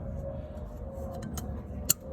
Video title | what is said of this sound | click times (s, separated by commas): 2008 honda accord Code P0137 Upstream and replaces downstream sensor. | You guys hear the click? | 1.9 s